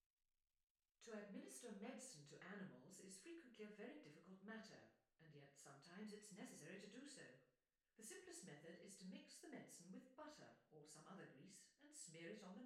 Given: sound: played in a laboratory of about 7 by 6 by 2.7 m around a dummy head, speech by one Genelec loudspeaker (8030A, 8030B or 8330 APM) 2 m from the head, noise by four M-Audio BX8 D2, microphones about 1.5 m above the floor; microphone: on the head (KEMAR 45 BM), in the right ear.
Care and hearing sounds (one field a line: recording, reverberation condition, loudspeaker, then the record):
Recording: female speech in English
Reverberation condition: medium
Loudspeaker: 90 degrees to the left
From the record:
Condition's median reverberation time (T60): about 510 ms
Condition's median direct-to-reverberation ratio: about -0.5 dB